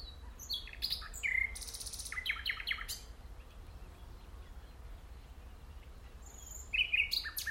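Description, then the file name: Common nightingale song in short phrases of whistles and buzzy rattles, with a long quieter stretch before a last phrase. "Luscinia megarhynchos"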